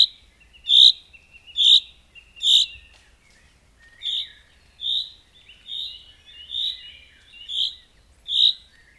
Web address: Madardalok Cd 1. Erdei pinty